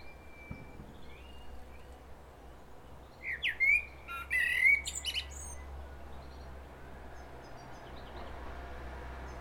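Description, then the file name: Common blackbird giving a short run of fluting whistles with a squeaky twittered finish midway, low background hum throughout. "Turdus merula"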